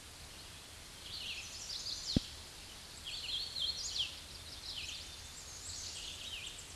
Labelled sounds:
Hooded Warbler (Setophaga citrina) song
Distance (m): 35 m
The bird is about 10 m above the microphone
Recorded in a Pennsylvania forest on 16 May 2024 at 08:14
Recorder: AudioMoth, point MSD-0814
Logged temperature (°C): 15.8 °C
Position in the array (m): 133 m, 96 m

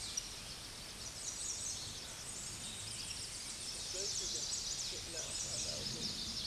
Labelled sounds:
American Redstart (Setophaga ruticilla) song
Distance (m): 45 m
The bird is about 15 m above the microphone
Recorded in a Pennsylvania forest on 16 May 2024 at 07:04
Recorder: AudioMoth, point MSD-2305
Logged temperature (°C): 16.9 °C
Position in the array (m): 48 m, 233 m

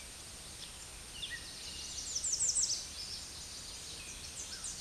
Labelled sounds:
American Redstart (Setophaga ruticilla) song
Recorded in a Pennsylvania forest on 16 May 2024 at 07:41
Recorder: AudioMoth, point MSD-2367
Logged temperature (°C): 16.0 °C
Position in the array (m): 156 m, 220 m

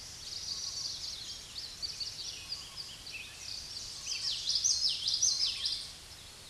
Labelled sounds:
Common Yellowthroat (Geothlypis trichas) song
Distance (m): 20 m
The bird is about 10 m above the microphone
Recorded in a Pennsylvania forest on 16 May 2024 at 06:34
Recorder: AudioMoth, point MSD-1342
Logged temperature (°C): 15.5 °C
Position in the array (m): 243 m, 175 m

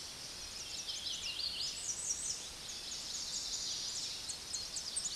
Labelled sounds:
American Redstart (Setophaga ruticilla) song
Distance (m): 40 m
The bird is about 15 m above the microphone
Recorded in a Pennsylvania forest on 16 May 2024 at 06:13
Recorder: AudioMoth, point MSD-2305
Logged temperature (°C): 16.9 °C
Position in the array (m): 38 m, 223 m

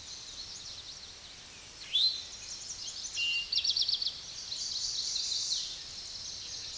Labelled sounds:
Eastern Towhee (Pipilo erythrophthalmus) song
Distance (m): 10 m
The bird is about level with the microphone
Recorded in a Pennsylvania forest on 16 May 2024 at 06:13
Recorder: AudioMoth, point MSD-2494
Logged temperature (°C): 15.6 °C
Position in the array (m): 189 m, 161 m

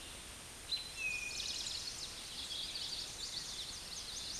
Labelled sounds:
Eastern Towhee (Pipilo erythrophthalmus) song
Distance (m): 25 m
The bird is about 5 m above the microphone
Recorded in a Pennsylvania forest on 16 May 2024 at 09:53
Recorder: AudioMoth, point MSD-2453
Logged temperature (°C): 16.3 °C
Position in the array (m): 202 m, 140 m

